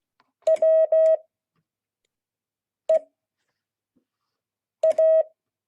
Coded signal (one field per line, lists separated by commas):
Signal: Morse code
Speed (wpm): 16 wpm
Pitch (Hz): 640 Hz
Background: none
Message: W E A